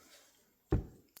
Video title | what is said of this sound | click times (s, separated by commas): Needle Adjustment and Final Assembly - E9 John Deere DLTX Carburetor Mini Series | Snaps in place. | 0.7 s, 1.2 s